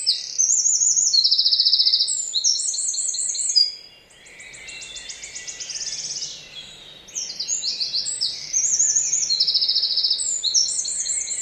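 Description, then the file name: Eurasian wren singing forcefully in fast, high trilled phrases with rattling buzzes, a brief lull near four seconds, then repeated loud bursts of song continuing to the end. "Troglodytes troglodytes"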